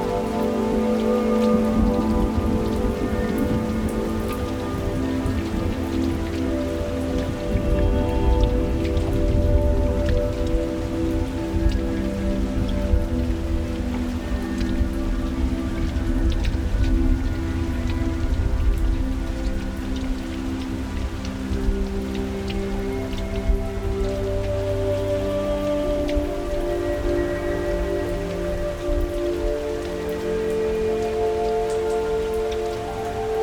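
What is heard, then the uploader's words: Soft, slow music of long held notes drifts along while rain falls steadily outside, a dense, even patter filling the background. The notes shift gently every few seconds, and the overall level stays calm and constant throughout, with no thunder. Light, soft music plays as rain gently falls outside the window.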